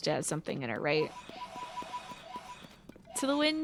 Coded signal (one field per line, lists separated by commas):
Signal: none